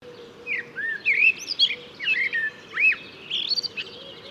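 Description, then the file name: Eurasian blackbird warbling in liquid fluted notes with twisting rises and falls and thin high squeaks mixed in. "Turdus merula"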